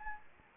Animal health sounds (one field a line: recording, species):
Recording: mosquito wingbeat signal from an infrared sensor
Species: Anopheles gambiae